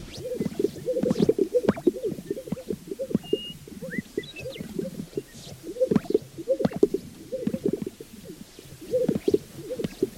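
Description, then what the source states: Sage-grouse chorus of deep popping and bubbling notes in rhythmic clusters, with short rising whistles from another bird now and then. A group.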